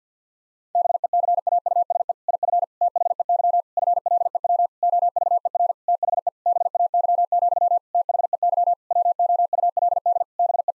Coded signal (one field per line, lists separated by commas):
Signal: Morse code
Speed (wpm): 50 wpm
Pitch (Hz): 700 Hz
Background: none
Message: BECAUSE IF THEY FLEW OVER THE BAY, THEY WOULD BE